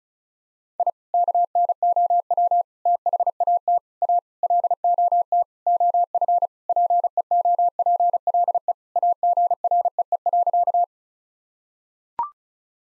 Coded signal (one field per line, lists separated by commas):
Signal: Morse code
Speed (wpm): 34 wpm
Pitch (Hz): 700 Hz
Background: none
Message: I KNOW THAT A LOT OF PEOPLE AGREE.